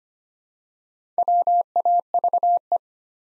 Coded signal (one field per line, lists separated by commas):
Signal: Morse code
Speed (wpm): 25 wpm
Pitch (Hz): 700 Hz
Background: none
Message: WAVE